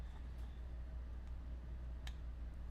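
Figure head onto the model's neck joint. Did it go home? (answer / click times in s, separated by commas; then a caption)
yes / 2.1 s. A builder presses the head of a plastic model figure onto its neck joint, after opening the hat a bit so it fits. Over a steady low hum, a single sharp click sounds at 2.1 s as the head snaps into place. The head is seated, fitting flush on the neck with no gap.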